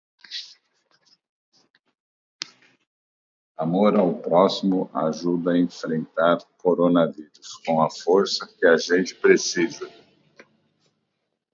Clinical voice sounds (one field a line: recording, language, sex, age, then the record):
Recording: spoken sentence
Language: Brazilian Portuguese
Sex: male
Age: 50 to 59 years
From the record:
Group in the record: control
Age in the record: 53 years